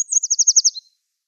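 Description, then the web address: Yellow warbler song fragment: a rapid string of about seven high, even slurred notes, ending with a brief lower note, clean and without other sounds. "Schulze Peter Yellow Warbler song"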